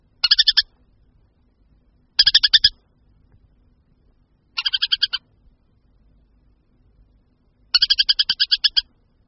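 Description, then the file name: Montagu's harrier chattering in four short bursts of fast, harsh kek notes spaced two to three seconds apart, with little else audible. "Moták-lužní"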